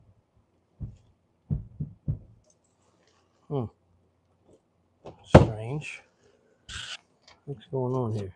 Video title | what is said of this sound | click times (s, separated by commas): At the shop, installing the powder coated intake manifold. On my 1986 ford escort gt. | my hatch is not latching all the way. | 5.4 s